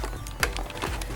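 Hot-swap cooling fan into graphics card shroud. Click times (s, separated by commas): 0.4 s, 0.6 s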